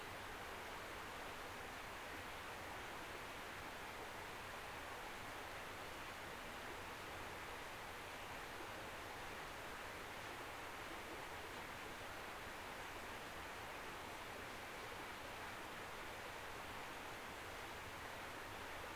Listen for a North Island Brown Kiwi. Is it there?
no